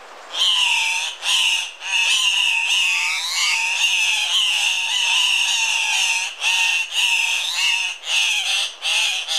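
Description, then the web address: Andean cock-of-the-rock producing loud, grating squawks almost without pause, some notes wavering and rising, in rapid uneven bursts. Ecuador. "Birds of Ecuador. Andean Cock-of-the-rock"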